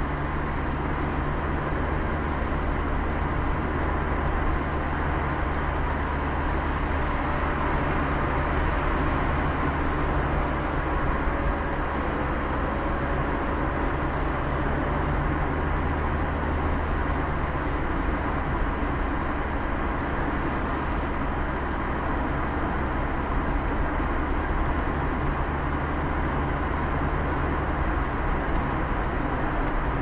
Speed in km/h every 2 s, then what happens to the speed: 49, 50, 50, 50, 49, 49, 46, 44, 43, 46, 48, 51, 52, 54, 55.
0-10 steady at about 49. 10-16 slows to 43. 16-30 speeds up to 55.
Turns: none.